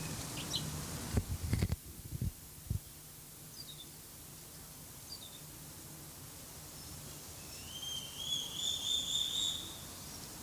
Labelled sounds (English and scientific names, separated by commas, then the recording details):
Bourke's Parrot (Neopsephotus bourkii) call
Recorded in captivity
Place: Tierpark Berlin, Berlin, DE
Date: 2003-09-19 14:42
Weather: sonnig, 24°C
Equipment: Fair Mate ST-1328 (Asahi Electronics, Japan), Sennheiser ME 80, Kopie Uher 4000 Report Monitor
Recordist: Tembrock, Günter